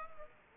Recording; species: mosquito wingbeat signal from an infrared sensor; Aedes aegypti